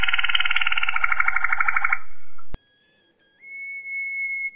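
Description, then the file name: Canary song: a loud, fast rolling trill for two seconds, a sudden break, then soft sustained whistles rising to a higher held note. Song described as a combination of Russian and canary song styles. "kombinasi russia waterslagger"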